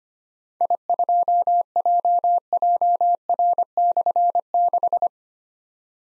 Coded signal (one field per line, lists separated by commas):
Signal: Morse code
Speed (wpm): 25 wpm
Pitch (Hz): 700 Hz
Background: none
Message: I2JJR/6